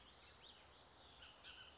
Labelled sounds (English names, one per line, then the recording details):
Bullock's Oriole
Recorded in Sonoma County, California